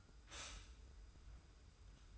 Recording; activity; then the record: daily activity, microphone in the room; stop toaster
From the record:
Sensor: 2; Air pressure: 990.6 hPa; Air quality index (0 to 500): 164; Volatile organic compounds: 821 ppm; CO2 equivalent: 5147 ppm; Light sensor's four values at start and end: 26/63/25/25 and 26/63/25/25